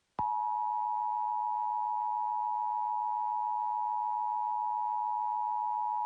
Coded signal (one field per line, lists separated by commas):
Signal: Emergency Alert System (SAME) tones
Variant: 853 and 960 Hz attention tone